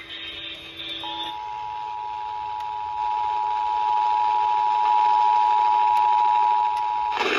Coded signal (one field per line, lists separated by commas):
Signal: Emergency Alert System (SAME) tones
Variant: 853 and 960 Hz attention tone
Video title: (EAS "#597-612") North & South Carolina Tornado Drills over NWR (and FM too!) - 3/7/2025